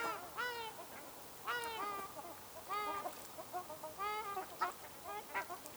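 Ruddy shelduck nasal honks with arching harmonics, given in spaced groups, with softer calls between.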